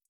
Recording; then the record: hydrophone in a shrimp aquaculture tank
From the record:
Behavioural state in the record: feeding